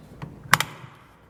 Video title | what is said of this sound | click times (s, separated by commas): 2000 BMW E39 M5 Steering Wheel Facelift | and snap into place | 0.5 s